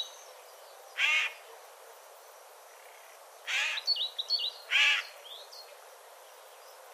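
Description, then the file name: Eurasian jay uttering three rasping, noisy screeches, the last two close together, while another small bird twitters with high thin notes. "Garrulus glandarius"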